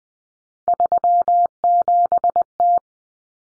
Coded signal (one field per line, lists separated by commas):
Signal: Morse code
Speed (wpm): 20 wpm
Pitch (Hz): 700 Hz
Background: none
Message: 37T